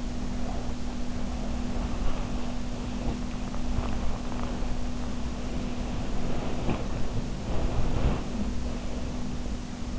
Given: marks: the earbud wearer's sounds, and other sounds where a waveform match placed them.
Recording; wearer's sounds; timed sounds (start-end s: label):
sounds in sleep by an in-ear microphone; body movement
0.00-5.03 s: body movement
5.49-9.99 s: sound from someone else or the room